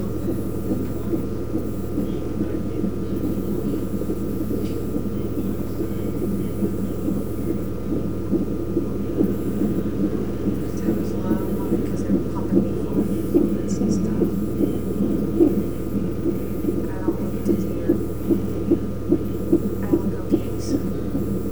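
Fetal heartbeat heard through a Doppler monitor.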